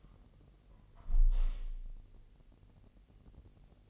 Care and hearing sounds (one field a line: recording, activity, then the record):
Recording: daily activity, microphone in the room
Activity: close window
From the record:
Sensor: 4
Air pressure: 1001.2 hPa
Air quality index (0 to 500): 248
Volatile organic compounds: 45 ppm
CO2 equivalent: 3230 ppm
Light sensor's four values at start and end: 9/19/8/7 and 9/19/7/7